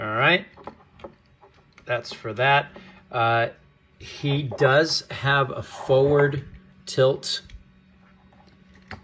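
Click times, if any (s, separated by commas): 8.9 s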